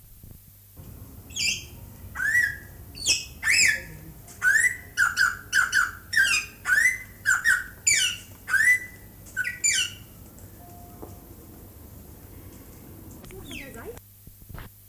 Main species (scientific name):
Coracopsis vasa